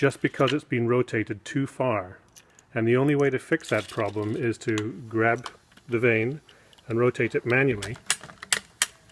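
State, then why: Seated. Someone talks while an over-rotated vane on a vertical blind headrail, whose carrier gear sits in its headrail track, is turned by hand. Near the end, a few faint ticks lead to two sharp clicks at 8.5 s and 8.8 s as the vane's gear slips back into step with the worm gear, seating it back in alignment.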